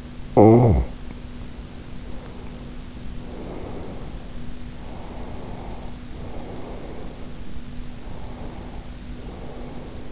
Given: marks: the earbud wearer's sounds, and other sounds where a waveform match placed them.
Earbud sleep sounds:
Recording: sounds in sleep by an in-ear microphone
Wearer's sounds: talking in sleep, breath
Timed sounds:
0.00-1.08 s: talking in sleep
1.90-4.43 s: breath
4.69-7.26 s: breath
7.86-10.11 s: breath

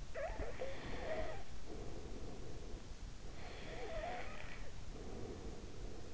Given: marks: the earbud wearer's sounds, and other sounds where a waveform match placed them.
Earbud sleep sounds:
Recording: sounds in sleep by an in-ear microphone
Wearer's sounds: snoring breath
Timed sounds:
0.00-2.83 s: snoring breath
3.48-6.09 s: snoring breath

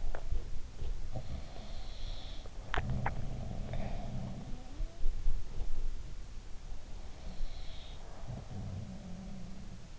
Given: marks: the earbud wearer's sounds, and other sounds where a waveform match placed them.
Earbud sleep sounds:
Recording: sounds in sleep by an in-ear microphone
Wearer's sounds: swallowing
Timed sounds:
0.00-0.57 s: swallowing
1.12-4.87 s: sound from someone else or the room
2.44-3.41 s: swallowing
7.59-9.99 s: sound from someone else or the room

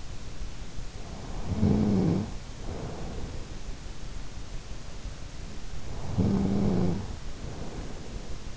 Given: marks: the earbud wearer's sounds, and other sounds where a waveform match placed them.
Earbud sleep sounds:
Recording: sounds in sleep by an in-ear microphone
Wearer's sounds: snoring breath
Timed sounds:
1.30-3.71 s: snoring breath
5.78-8.57 s: snoring breath

